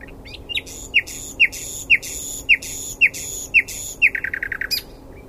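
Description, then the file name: Common nightingale song: loud downslurred notes with buzzy overtones repeated about every half second, ending in a quick run of short notes. "Luscinia megarhynchos"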